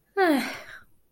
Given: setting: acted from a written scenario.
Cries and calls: vocal sound without words; neutral

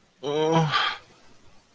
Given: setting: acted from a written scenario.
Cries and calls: vocal sound without words; embarrassment

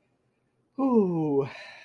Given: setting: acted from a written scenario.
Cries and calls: vocal sound without words; elation

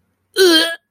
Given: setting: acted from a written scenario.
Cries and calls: vocal sound without words; disgust

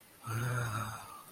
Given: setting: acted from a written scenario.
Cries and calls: vocal sound without words; romantic love

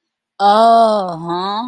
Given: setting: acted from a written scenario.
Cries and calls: vocal sound without words; realization

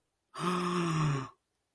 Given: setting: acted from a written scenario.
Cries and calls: vocal sound without words; awe

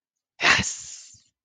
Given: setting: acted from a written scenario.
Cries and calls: vocal sound without words; triumph

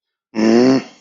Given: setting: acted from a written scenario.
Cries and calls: vocal sound without words; anger

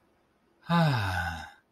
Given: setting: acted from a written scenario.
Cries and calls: vocal sound without words; serenity

